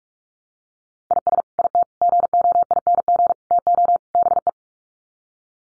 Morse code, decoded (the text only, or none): IS IT GOING TO BE